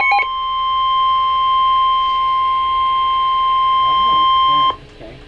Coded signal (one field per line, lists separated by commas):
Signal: Emergency Alert System (SAME) tones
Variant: 1050 Hz attention tone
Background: speech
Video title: Special Marine Warning (EAS #37)